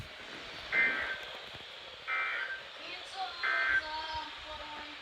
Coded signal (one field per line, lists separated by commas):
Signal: Emergency Alert System (SAME) tones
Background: speech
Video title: Sterling's Flood Party (8/5/22 - 8/6/22) (EAS #343-359)